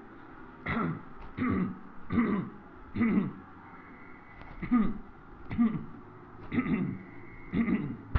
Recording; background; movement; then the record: throat clearing; traffic; walking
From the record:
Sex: male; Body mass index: 22.0 kg/m2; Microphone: on the chest, facing the body